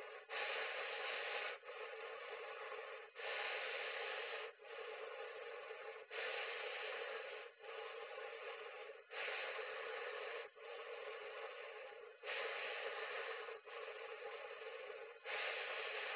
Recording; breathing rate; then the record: paced breathing near a phone; 20 breaths a minute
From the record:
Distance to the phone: 20 cm